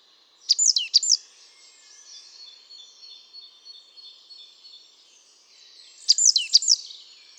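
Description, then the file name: Great tit calls: two clusters of sharp, downward-sweeping high notes at the start and end, with soft twittering in between. "Parus major"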